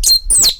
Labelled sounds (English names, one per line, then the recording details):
Stitchbird song
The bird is a male
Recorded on Tiritiri Matangi Island, New Zealand, in 2005
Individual 8, of nest box 10